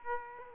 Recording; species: mosquito wingbeat signal from an infrared sensor; Aedes aegypti